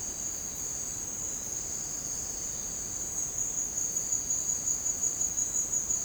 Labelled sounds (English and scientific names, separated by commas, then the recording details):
none
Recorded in secondary vegetation near Puerto Asís, Putumayo, Colombia, on 12 March 2025 at 17:00
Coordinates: 0.485, -76.322
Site G040